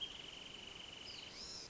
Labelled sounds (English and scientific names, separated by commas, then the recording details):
Wrentit (Chamaea fasciata)
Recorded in Sonoma County, California